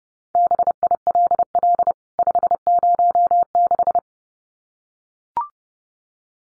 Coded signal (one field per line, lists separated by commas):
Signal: Morse code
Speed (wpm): 30 wpm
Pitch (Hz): 700 Hz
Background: none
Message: BILL 506